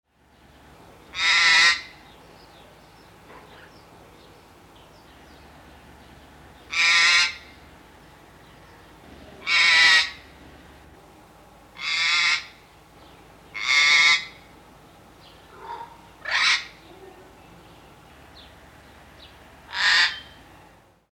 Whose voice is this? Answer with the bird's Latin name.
Eclectus roratus